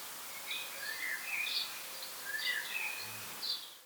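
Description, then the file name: House sparrow chirps, short faint notes repeated irregularly throughout over a steady hiss of background noise. "Passer domesticus"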